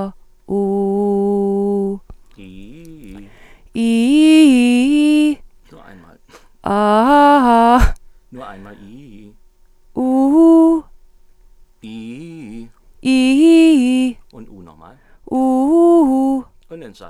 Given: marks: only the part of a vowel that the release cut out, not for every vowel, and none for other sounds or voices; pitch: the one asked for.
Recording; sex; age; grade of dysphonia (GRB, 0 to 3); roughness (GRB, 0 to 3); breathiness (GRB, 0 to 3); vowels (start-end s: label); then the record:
sustained vowels; female; 40 to 49 years; 0; 0; 0
0.55-1.88 s: vowel /u/, low pitch
6.67-7.74 s: vowel /a/, low-high-low pitch
13.08-14.06 s: vowel /i/, low-high-low pitch
15.35-16.35 s: vowel /u/, low-high-low pitch
From the record:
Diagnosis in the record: hyperfunctional dysphonia, psychogenic dysphonia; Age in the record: 47 years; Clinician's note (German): Leichte